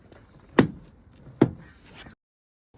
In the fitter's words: Okay, and if it's happy, it should just click right in, just like that.